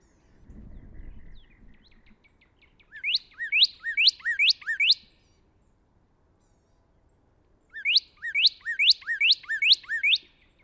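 Northern cardinal song: two bursts of rapid, loud down-slurred whistles repeated about five or six times, separated by a pause, after a brief low rumble at the start.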